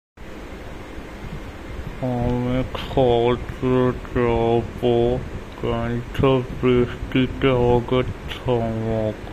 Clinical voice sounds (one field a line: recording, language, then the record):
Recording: elicited speech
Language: Bengali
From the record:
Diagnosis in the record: Broca's or global aphasia after a stroke